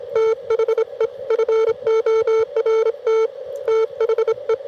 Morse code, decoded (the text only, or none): THE FORT THE